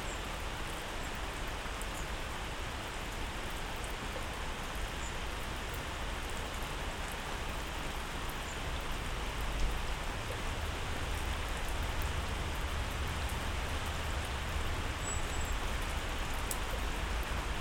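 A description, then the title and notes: Rain falls steadily in a garden, a dense, even hiss that fills everything from low rumble to bright top and holds level throughout. Faint individual drop ticks flicker through, with one slightly louder patter just before the ten-second mark. A stereo recording of rain in my garden.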